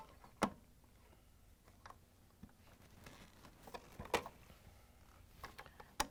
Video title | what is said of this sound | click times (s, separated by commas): How To Replace: LG/Kenmore Refrigerator Main Power Control Board CSP30021077 | which have the wires out of the way you can snap it in place | 0.4 s, 6.0 s